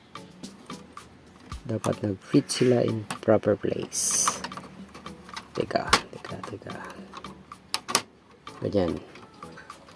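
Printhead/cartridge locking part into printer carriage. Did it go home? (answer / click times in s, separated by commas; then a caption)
yes / 7.7 s, 7.9 s. During an E03 error repair on a Canon G2010 printer, a printhead/cartridge locking part is pressed into the printer carriage while someone talks, with light handling clicks and taps throughout. Two sharp snaps at 7.7 s and 8.0 s mark the part clicking home and locking into place.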